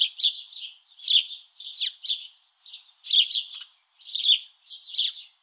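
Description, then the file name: House Sparrow chirping in short clusters of harsh, bright notes, with brief silent gaps between. "Passer domesticus"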